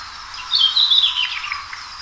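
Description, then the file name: Red-flanked bluetail giving one quick, high warbling phrase that slides downward and trails off, with steady hiss behind it. "ruribitaki"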